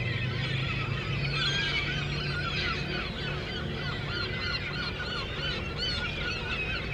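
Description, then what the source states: Gulls in a noisy flock, rapid arched cries repeating over and over, with a motor rumbling low at the start. Seagulls at harbour quay, Le Tréport, France, mixed with passing motorcycles; recorded with DPA 4060 microphones in AB position into a Zoom F3.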